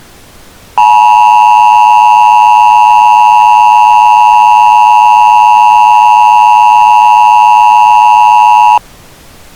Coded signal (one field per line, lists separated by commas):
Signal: Emergency Alert System (SAME) tones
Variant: 853 and 960 Hz attention tone